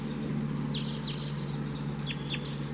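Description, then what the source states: Crossbill giving sharp, downslurred calls, several in under three seconds, over a steady low hum. Bird number 242, recorded during mist-netting of a wild crossbill flock.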